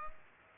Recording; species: mosquito wingbeat signal from an infrared sensor; Culex pipiens